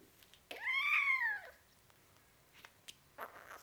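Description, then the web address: Cat: kitten giving a clear, drawn-out mew that rises and falls over about a second, followed by small clicks. Four-week-old kitten, meowing. "BBC Sound Effects Library Cats Four Week Old Kitten, Meowing"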